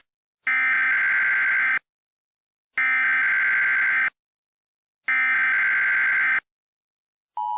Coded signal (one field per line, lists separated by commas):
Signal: Emergency Alert System (SAME) tones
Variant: header bursts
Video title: EAS Mock 20: To Pierce The Veil